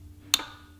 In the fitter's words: and a click, and we'll just double check.